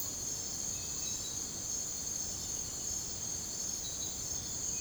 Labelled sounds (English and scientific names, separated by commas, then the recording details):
none
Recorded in secondary vegetation near Puerto Asís, Putumayo, Colombia, on 26 December 2024 at 04:30
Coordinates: 0.489, -76.322
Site G059